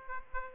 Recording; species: mosquito wingbeat signal from an infrared sensor; Aedes aegypti